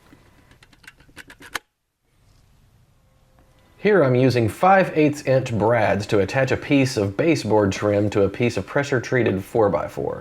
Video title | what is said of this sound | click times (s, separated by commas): (Harbor Freight) Central Pneumatic 18 gauge Brad Nailer / Stapler Long Term Review | them to the top then slide the magazine up until it clicks here | 1.6 s